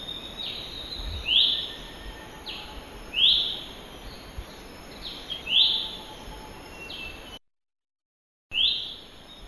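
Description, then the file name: Lesser green leafbird giving high, falling whistled calls, several in sequence with short gaps, one brief silent break, against constant background hiss. "suara panggilan cucak hijau mini di alam liar. omkicau"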